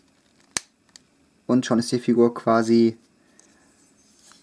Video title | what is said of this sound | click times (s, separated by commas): Transformers - Generations - Cyclonus - FULL HD | einfach dann hier reindrücken und befestigen bis es knackt | 0.6 s